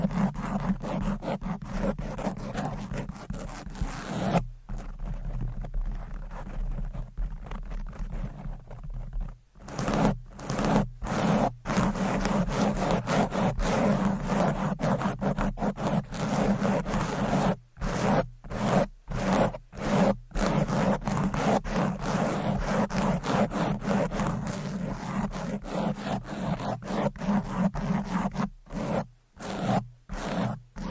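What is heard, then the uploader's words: Rapid, aggressive scratching and rubbing on a microphone fills the recording, a dense rasping texture with a strong low thump underneath. The strokes come in fast bursts broken by brief sharp dropouts, most often around five to twelve seconds and again near the end. ASMR Fast & Aggressive Mic Scratching - Brain Scratching 10 DIFFERENT MICS No Talking for Sleep.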